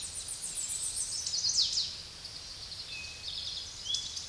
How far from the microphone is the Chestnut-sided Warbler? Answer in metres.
about 15 m